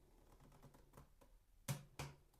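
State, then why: Torque reached. A cheap click-type torque wrench set to 7 Nm tightens a hex bolt, with faint ticking before a sharp click at 1.7 s and another sharp sound at 2.0 s. The wrench releases almost immediately, clicking early.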